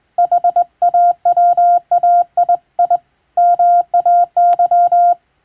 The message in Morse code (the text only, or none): HAWAII MAY